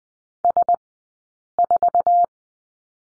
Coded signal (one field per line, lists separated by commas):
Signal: Morse code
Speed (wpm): 20 wpm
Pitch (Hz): 700 Hz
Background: none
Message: S4